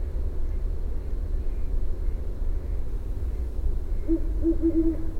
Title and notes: Great Horned Owl calling (with headphones you may also hear a distant Great Horned Owl). Mallards and some other unidentified birds in background. Recorded about 4am Dec 23, 2015.